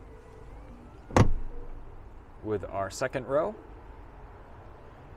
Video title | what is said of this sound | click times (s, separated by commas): This Luxury SUV Has the Power to Take You Anywhere - 2020 Mercedes-Benz GLS580! | it all works beautifully as I said and goes right into place snaps right into place | 1.2 s